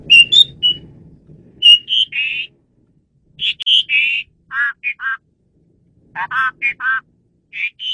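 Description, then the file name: Asian pied starling calls: clear whistled notes and short warbled phrases in bursts, with a low rumbling hum in the first second. Female bird, used as a lure (pemikat) bird. "jalak suren betina pemikat"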